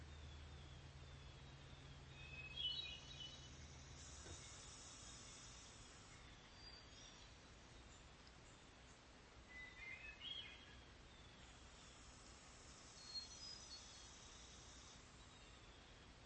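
A hermit thrush sings in short, bright phrases that come at about 2.5, 10 and 13 seconds, each a quick cluster of high, fluting notes. A low hum runs underneath for the first four seconds, then drops away, leaving a steady soft hiss.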